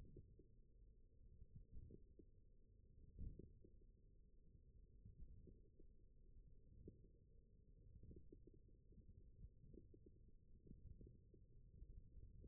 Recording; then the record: forearm muscle sounds (acoustic myography)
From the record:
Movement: wrist extension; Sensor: system 1, eight BSWA MPA416 microphones around the upper forearm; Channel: 5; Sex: male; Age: 20 years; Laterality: left